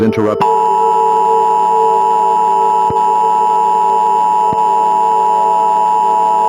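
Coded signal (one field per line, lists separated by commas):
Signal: Emergency Alert System (SAME) tones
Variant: 853 and 960 Hz attention tone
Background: speech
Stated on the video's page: Fictional EAS scenario containing valid tones, not a real alert.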